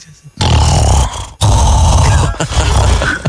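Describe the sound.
A person imitates loud snoring with their voice: three long, harsh, rasping snorts with a rumbling low growl, separated by brief pauses for breath.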